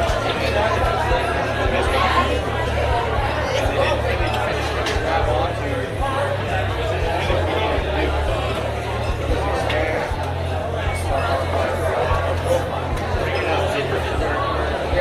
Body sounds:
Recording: background sound without coughing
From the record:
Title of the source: CITY SOUNDS Busy Bar in the Evening Night - 2 HOURS of Ambiance for Relaxation

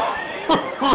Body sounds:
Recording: coughing mixed with background sound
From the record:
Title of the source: Spring Allergy Coughing

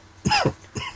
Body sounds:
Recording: coughing mixed with background sound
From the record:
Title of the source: Dry Coughing Fit in the Afternoon.

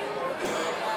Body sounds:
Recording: coughing mixed with background sound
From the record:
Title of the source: Mid-morning Winter Coughing Fit

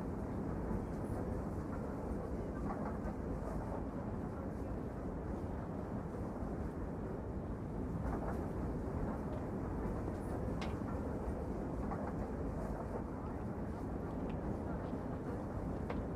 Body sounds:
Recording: background sound without coughing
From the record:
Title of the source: Train Ride Ambience ambient white noise for sleeping, focus, studying, reading

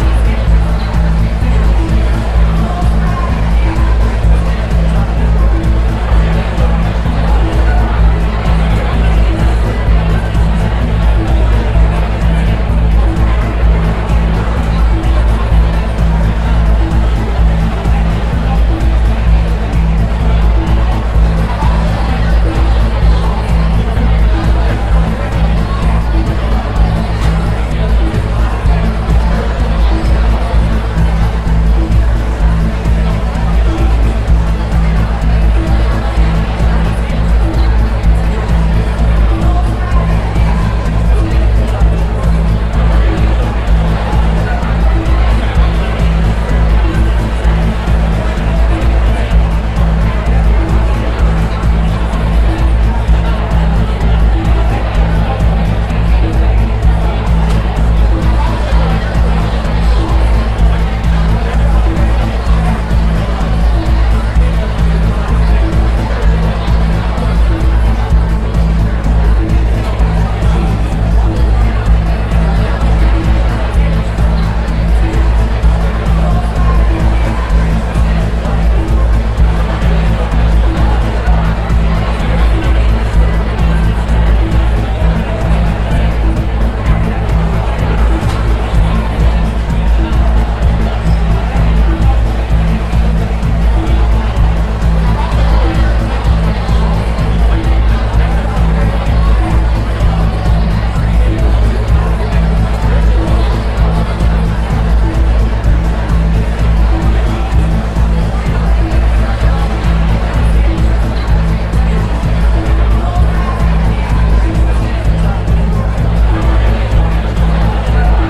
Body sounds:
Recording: background sound without coughing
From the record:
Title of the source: Party Noise 1 Hour Party Ambience

